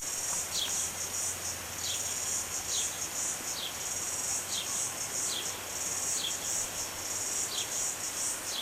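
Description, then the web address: Crickets chirping, short high notes repeated roughly every second over a constant shrill insect buzz and a low background hum. "dravindragora Crickets"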